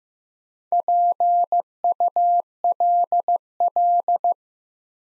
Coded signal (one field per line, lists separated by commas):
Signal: Morse code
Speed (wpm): 15 wpm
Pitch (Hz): 700 Hz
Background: none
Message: PULL